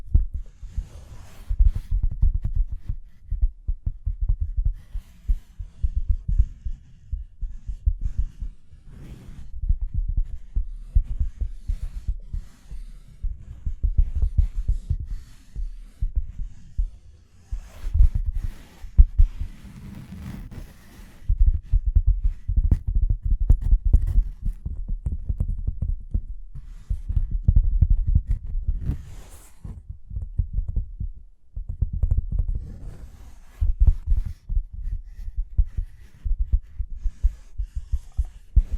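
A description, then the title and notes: Dense, irregular tapping and scratching, mostly dull low thuds in a steady stream, with occasional sharper, brighter scrapes cutting through. Tapping and Scratching (No Talking).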